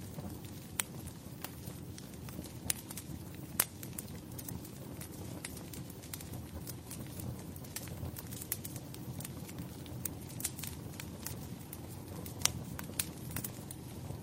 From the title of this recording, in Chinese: 屋内燃烧的篝火和窗外的雪景